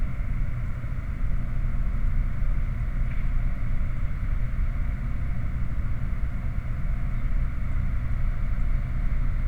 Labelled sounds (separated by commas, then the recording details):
machinery, flare stack
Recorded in the Prudhoe Bay oil fields, Alaska, on 30 July 2019 at 22:32
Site 29